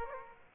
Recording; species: mosquito wingbeat signal from an infrared sensor; Aedes aegypti